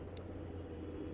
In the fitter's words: this connector first and it snaps in place see that way it doesn't fall off